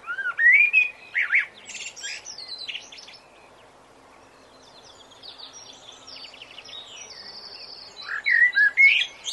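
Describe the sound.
Blackbird singing: a fluted phrase with high scratchy twitters at the start, then a quiet gap with soft high chatter, and fluted notes again at the end.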